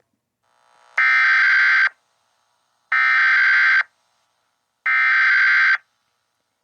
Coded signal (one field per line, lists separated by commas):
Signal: Emergency Alert System (SAME) tones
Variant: header bursts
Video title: EAS Scenario Tayo The Little Bus Part 2